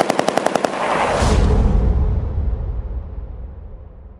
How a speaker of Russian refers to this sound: От размышлений ее оторвал сильнейший глухой удар где-то позади и почти сразу заполошная очередь дегтяря.